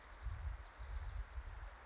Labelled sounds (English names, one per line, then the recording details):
Wilson's Warbler
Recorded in Sonoma County, California